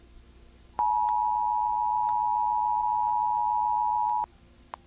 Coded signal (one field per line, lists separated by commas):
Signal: Emergency Alert System (SAME) tones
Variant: 853 and 960 Hz attention tone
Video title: Comcast Emergency Alert System - Tornado Warning (April 1, 2023; 6:01pm)